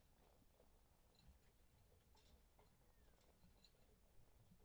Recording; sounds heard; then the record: poultry house recording; sick chickens (respiratory disease)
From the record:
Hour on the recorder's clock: 2